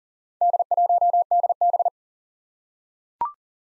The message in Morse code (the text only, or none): D1DB